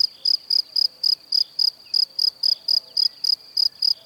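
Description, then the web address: Cricket giving sharp, high, evenly spaced chirps about four per second over a quiet background. "Kurs PTTK Przyroda Ptaki Świerszcze"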